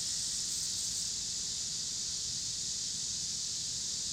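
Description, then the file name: Cicadas droning in a steady, dense, high-pitched buzzing hiss that holds unbroken throughout, with a faint low rumble of traffic underneath. Pittsburgh, Pennsylvania, 26 August 2023; recorded alongside passing cars. "cicadas and cars Pittsburgh PA"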